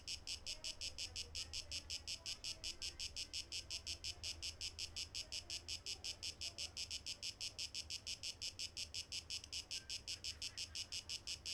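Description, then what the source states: Cicada song as a rapid train of shrill, evenly spaced buzzes running the whole time over a low background hum. 12 August 2023.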